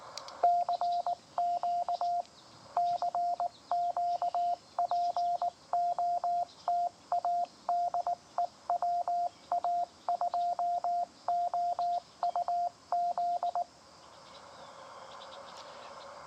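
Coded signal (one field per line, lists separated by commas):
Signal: Morse code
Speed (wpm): 19 wpm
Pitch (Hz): 700 Hz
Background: radio noise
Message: CQ CQ POTA DE WA2OUZ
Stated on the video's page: QRP Parks on the Air activation from Schoharie Crossing State Historic Site, upstate New York.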